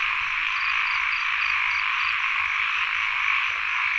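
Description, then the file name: Frog chorus with low throbbing croaks recurring under a thick, continuous high-pitched insect drone and faint repeated chirps. Field recording of frogs and insects at Sen Monorom, Cambodia. "Les Cartes Postales Sonores - Insects Frogs of Sen Monorom"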